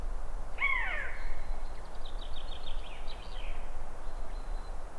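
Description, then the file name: Eurasian jay giving one harsh, downward-sweeping call, followed by a thin, rapid high series of notes. "Garrulus glandarius"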